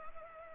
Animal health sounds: mosquito wingbeat signal from an infrared sensor; Culex pipiens

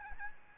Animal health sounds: mosquito wingbeat signal from an infrared sensor; Aedes albopictus

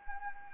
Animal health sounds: mosquito wingbeat signal from an infrared sensor; Anopheles arabiensis

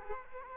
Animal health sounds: mosquito wingbeat signal from an infrared sensor; Culex quinquefasciatus

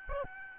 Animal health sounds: mosquito wingbeat signal from an infrared sensor; Aedes albopictus

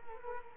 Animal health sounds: mosquito wingbeat signal from an infrared sensor; Culex quinquefasciatus

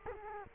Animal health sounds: mosquito wingbeat signal from an infrared sensor; Culex quinquefasciatus

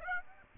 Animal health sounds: mosquito wingbeat signal from an infrared sensor; Aedes aegypti

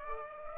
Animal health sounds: mosquito wingbeat signal from an infrared sensor; Aedes aegypti

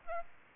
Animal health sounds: mosquito wingbeat signal from an infrared sensor; Aedes aegypti

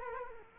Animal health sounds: mosquito wingbeat signal from an infrared sensor; Culex quinquefasciatus

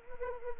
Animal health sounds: mosquito wingbeat signal from an infrared sensor; Anopheles arabiensis

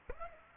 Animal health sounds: mosquito wingbeat signal from an infrared sensor; Aedes aegypti

